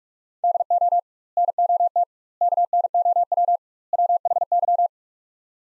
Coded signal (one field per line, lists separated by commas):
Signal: Morse code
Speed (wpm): 41 wpm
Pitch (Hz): 700 Hz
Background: none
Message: DO NOT KNOW WHY